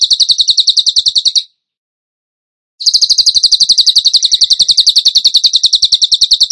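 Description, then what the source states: Bird song: fast run of high, even notes, stopping briefly and then resuming in a long steady burst. Songbird training song (masteran), in the gacor tembakan style.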